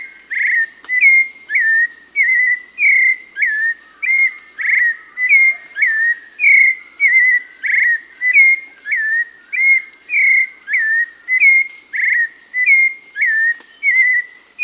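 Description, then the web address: Hauxwell's thrush giving a long, regular sequence of whistled phrases, slurred and slightly rising, repeated rapidly against a continuous high insect buzz. Recorded in Peru, Amazon region. "Birds of the Amazon 3. Hauxwell's Thrush (Turdus hauxwelli), Peru"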